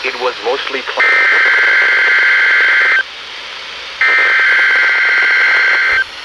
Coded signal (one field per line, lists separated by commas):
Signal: Emergency Alert System (SAME) tones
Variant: header bursts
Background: speech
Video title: Hugh Jass Warnings... EAS Alerts from 6/24/19 (EAS #2,811 - 2,825)